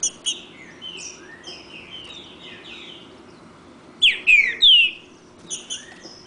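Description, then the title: Green-winged saltator sings a loud burst of three slurred, falling whistles, while quieter twitters and short calls continue before and after. Bird named Nicão singing in the woods, in a song dispute with a free-living bird. "Trinca Ferro NICÃ O No Mato Disputando Com Solto"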